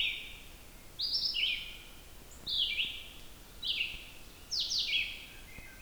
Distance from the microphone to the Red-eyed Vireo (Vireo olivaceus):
about 15 m